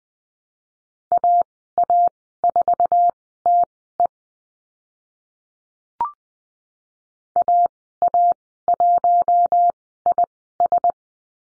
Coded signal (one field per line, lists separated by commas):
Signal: Morse code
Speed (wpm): 20 wpm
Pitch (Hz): 700 Hz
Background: none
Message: AA4TE AA1IS